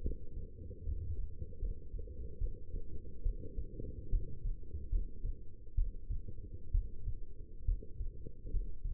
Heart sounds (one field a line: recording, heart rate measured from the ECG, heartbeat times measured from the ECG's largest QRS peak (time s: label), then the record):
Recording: heart sounds by stethoscope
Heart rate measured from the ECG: 71 bpm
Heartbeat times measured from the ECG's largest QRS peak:
0.02 s: heartbeat
0.83 s: heartbeat
1.59 s: heartbeat
2.38 s: heartbeat
3.23 s: heartbeat
4.10 s: heartbeat
4.89 s: heartbeat
5.75 s: heartbeat
6.71 s: heartbeat
7.65 s: heartbeat
8.50 s: heartbeat
From the record:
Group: healthy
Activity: rest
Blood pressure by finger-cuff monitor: 142/83 mmHg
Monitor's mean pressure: 100 mmHg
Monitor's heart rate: 72 bpm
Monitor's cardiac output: 6.5 L/min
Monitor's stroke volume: 91 mL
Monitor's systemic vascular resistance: 1140 dyn s/cm5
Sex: female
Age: 22 years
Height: 171 cm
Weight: 65.6 kg